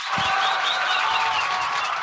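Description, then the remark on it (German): A burst of canned applause from an instant applause app, triggered by clicking it: a dense, steady wash of crackling hand claps and crowd noise that holds at an even, fairly loud level throughout, with no talking. “Das ist die Instant Applause App. Die macht umso mehr Beifall, je öfter du draufklickst.”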